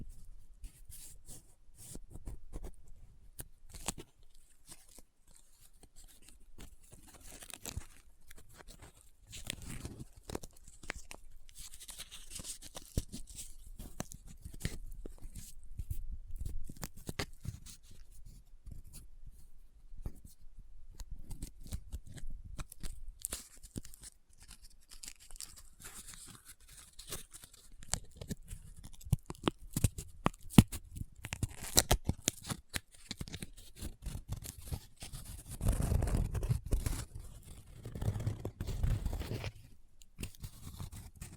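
Close-up paper handling: folding, rubbing and crinkling made of dense crackles and scratchy clicks that run almost without pause. Heavier rustling swells come around 10, 16 and 36 to 38 seconds, adding a low thump to the bright crinkle, with brief quieter gaps between.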